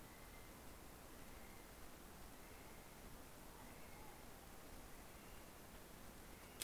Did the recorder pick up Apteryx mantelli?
yes